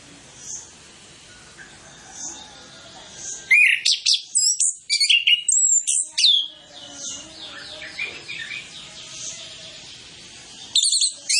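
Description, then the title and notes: Orange-headed Thrush song, a dense burst of varied high whistles and quick chattering notes for about three seconds, softer scattered phrases, then another loud burst at the end. Lure training recording of full mimicry-filled song, played to prompt Orange-headed Thrushes to sing quickly and freely. "Masteran Anis Kembang Full Isian Untuk Suara Pancingan Anis Kembang Agar Cepat Ngeplong. Suara Burung Anis Kembang"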